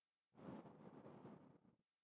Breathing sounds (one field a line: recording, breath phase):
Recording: one breath near a microphone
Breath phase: exhalation